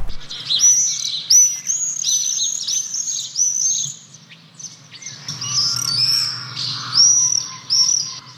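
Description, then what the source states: Common Swift screams, shrill high buzzy notes in quick bursts, with a faint low rumble beneath. Its famous sound, heard in flight; wings shaped like a crescent, flickering rather than flapping.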